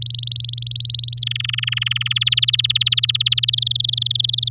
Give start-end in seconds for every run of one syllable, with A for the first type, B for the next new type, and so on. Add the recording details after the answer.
0.02-1.20 A, 1.22-2.13 B, 2.15-3.50 C, 3.52-4.49 D. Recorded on 10 May 2018 at 08:08. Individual llb16